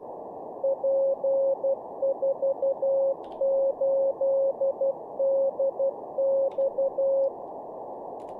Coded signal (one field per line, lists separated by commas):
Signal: Morse code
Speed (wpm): 12 wpm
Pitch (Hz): 540 Hz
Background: none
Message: P48DX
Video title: How To Learn Morse Code LIVE with N0SSC (Day 26)